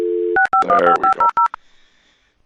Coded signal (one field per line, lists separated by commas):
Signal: DTMF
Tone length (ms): 120 ms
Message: 6515500